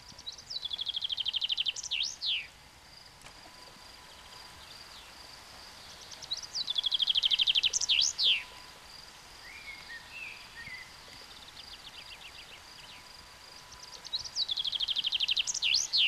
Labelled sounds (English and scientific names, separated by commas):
Common Chaffinch (Fringilla coelebs) song